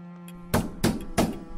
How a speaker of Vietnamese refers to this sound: Tiếng gõ cửa lại tiếp tục vang lên.